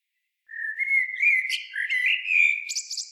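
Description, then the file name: Common blackbird song: a continuous mellow warble, gently wavering in pitch, finishing with sharp high chittering notes. "Turdus merula"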